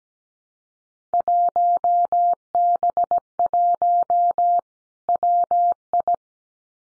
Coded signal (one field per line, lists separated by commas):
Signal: Morse code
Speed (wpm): 17 wpm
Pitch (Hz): 700 Hz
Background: none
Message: 1B1 WI